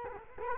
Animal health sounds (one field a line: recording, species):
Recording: mosquito wingbeat signal from an infrared sensor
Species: Culex quinquefasciatus